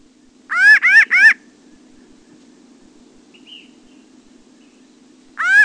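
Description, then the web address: Pinyon Jay: a quick series of three harsh, nasal, upward-inflected calls, a long pause, then one more matching call at the end. "Peterson North American Birds. pija"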